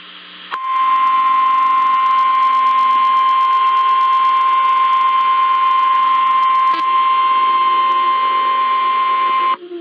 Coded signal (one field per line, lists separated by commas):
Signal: Emergency Alert System (SAME) tones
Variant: 1050 Hz attention tone